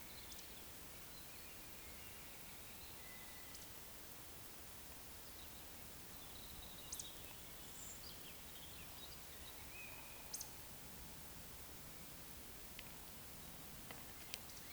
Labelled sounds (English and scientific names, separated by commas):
Eurasian Woodcock (Scolopax rusticola) whistle, Eurasian Woodcock (Scolopax rusticola) croak